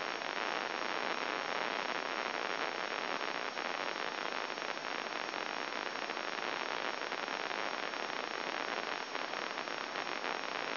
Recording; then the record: brain microelectrode recording played as sound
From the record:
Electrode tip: inside the subthalamic nucleus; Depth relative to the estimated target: -3 mm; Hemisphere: left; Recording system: AlphaMap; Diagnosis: Parkinson's disease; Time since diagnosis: 7 years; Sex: male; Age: 59 years